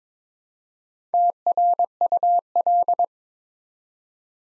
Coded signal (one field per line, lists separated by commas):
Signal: Morse code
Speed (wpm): 22 wpm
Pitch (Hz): 700 Hz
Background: none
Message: TRUL